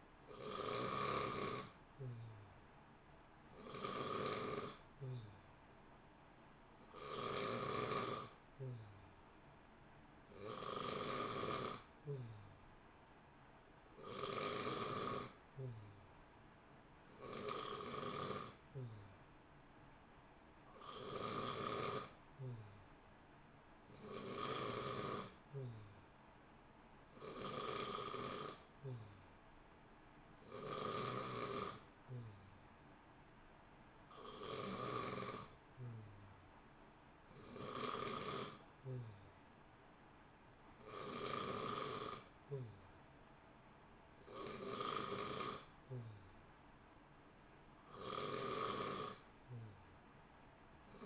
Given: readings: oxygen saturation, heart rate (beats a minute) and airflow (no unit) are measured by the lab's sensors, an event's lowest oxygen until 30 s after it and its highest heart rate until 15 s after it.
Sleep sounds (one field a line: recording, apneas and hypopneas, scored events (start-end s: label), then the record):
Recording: breathing in sleep by a voice recorder at the bedside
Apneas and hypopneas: none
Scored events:
none scored
From the record:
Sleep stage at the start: N3 (deep sleep)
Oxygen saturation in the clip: 90 to 91%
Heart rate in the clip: 59 to 62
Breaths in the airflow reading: 16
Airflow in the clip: -0.8 to 0.9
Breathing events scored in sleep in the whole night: 328 in 6.3 hours asleep